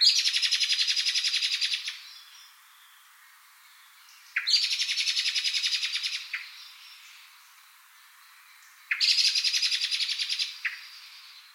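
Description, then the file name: Common blackbird in three bursts of fast, harsh rattling chatter, each about two seconds long and coming roughly every four and a half seconds. "Turdus merula"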